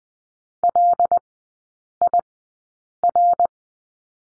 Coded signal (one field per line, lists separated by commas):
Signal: Morse code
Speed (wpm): 20 wpm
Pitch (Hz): 700 Hz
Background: none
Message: LIR